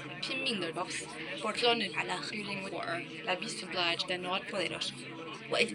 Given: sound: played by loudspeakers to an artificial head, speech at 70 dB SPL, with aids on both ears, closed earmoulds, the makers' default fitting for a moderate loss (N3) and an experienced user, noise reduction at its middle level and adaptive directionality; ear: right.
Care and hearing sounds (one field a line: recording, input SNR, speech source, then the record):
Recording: speech test signal (ISTS) in cocktail-party noise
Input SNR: 0 dB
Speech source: on the right (90 degrees)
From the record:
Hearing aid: class 2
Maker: C